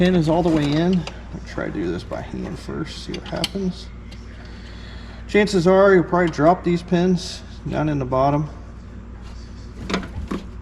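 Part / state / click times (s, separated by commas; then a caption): window glass pin into window regulator clip / not seated / none. Someone talks while working by hand inside the door of a 2001–2004 Jeep Grand Cherokee WJ, pushing a window-glass pin toward its window regulator clip. Short faint knocks and handling noises sound around 4.1, 9.9 and 10.3 s. The pin has not snapped into the clip yet, so nothing has seated.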